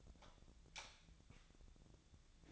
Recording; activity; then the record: daily activity, microphone in the room; light off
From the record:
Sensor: 3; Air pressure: 1000.0 hPa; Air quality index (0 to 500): 123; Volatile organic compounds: 2 ppm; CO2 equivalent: 1102 ppm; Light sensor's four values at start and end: 38/98/41/45 and 36/92/39/43